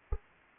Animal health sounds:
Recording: mosquito wingbeat signal from an infrared sensor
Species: Anopheles arabiensis

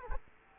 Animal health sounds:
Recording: mosquito wingbeat signal from an infrared sensor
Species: Culex quinquefasciatus

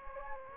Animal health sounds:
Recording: mosquito wingbeat signal from an infrared sensor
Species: Anopheles gambiae

